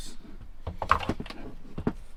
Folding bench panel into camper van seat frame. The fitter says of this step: on installe cette partie là qui se clipse automatiquement